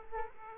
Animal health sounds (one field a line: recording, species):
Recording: mosquito wingbeat signal from an infrared sensor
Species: Aedes aegypti